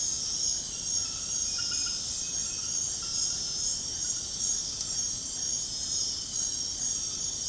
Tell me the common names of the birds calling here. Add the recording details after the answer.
none. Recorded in secondary vegetation near Puerto Asís, Putumayo, Colombia, on 20 February 2024 at 02:00. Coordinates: 0.468, -76.324. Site G6381